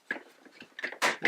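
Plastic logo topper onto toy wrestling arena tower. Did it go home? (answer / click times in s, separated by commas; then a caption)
yes / 0.1 s, 1.2 s. A plastic Smackdown logo topper is pushed down onto a toy wrestling arena tower, snapping in at two spots. A sharp click comes at 0.1 s and another at 1.3 s, with fainter plastic rustles and taps between them. Both spots snap in and the topper is seated.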